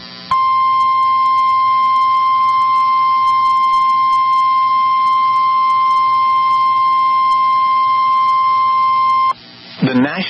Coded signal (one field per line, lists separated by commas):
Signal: Emergency Alert System (SAME) tones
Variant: 1050 Hz attention tone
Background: speech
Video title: Flash Flood Warning (Cass County, ND) (8/5/25) [EAS #227]